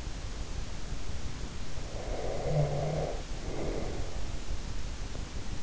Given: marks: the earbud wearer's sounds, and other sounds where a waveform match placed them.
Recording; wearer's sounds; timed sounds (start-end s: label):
sounds in sleep by an in-ear microphone; snoring breath
1.84-4.28 s: snoring breath